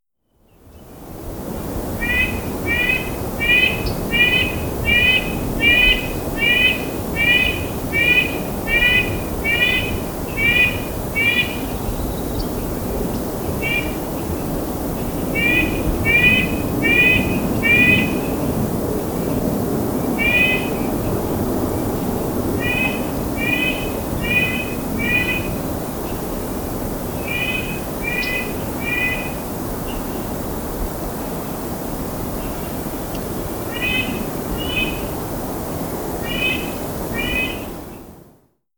Red-breasted Nuthatch "song" recorded on the Allenspark Trail in Rocky Mountain National Park.